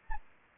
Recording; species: mosquito wingbeat signal from an infrared sensor; Anopheles arabiensis